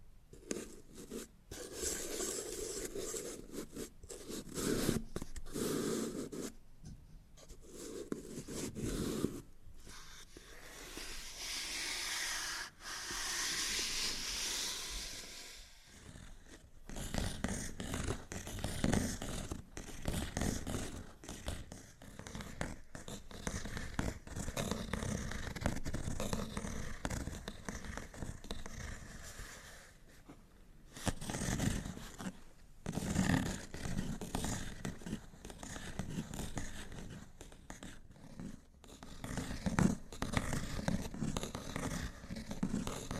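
Scratching and rubbing on cardboard, dense and uneven, with brighter rasping strokes around 10–15 seconds and short pauses between bursts.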